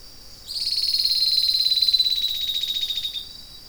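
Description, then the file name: Rufous-breasted leaftosser call: one high, rapidly pulsed, buzzy note lasting about two and a half seconds and sliding gently downward, over a steady high insect-like hum. "Sclerurus scansor"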